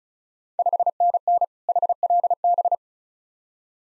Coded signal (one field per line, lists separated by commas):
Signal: Morse code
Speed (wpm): 36 wpm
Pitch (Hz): 700 Hz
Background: none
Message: 5NN HLB